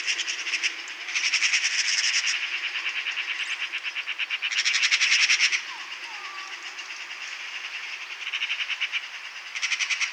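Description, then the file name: Eurasian magpie chattering loudly: harsh, rapid machine-gun rattles in several bursts separated by pauses, with faint thin calls from other birds between. "Pica pica"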